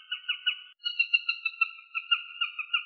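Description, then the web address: Eurasian sparrowhawk giving a chattering call, a rapid run of pulsed notes with a brief break near the start and a quiet background. "Accipiter nisus"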